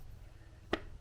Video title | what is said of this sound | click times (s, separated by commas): Making my own 4.5 cut off tool | the groove. Did you hear that click? | 0.7 s